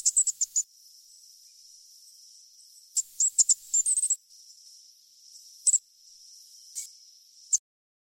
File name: striated Thornbill